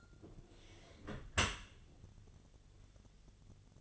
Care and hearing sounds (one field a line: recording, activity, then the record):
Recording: daily activity, microphone in the room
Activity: close dishwasher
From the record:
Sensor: 4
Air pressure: 1007.5 hPa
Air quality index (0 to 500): 201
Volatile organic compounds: 7 ppm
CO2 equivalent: 2000 ppm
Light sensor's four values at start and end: 22/70/27/26 and 22/70/27/26